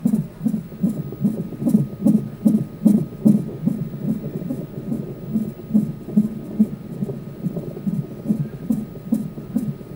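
A baby's heartbeat heard through a doppler: rapid, rhythmic whooshing pulses at about 150 beats per minute over a low background hiss.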